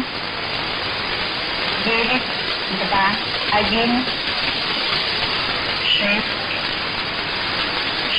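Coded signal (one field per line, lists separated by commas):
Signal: numbers station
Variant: S06s, Russian female voice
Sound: a few short spoken words, faint and spaced apart, buried in loud radio hiss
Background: radio static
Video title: 03 04 2018 S06s Russian Lady numbers station in Russian to Eu 1100 on 6190 unknown tx site in CUSB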